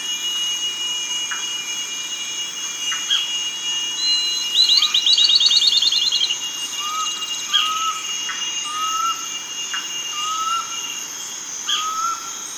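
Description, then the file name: Bird sounds: a short high rapid trill midway, then scattered short whistled notes and chirps, over a steady high drone. "SABIOD 50 bird 2015"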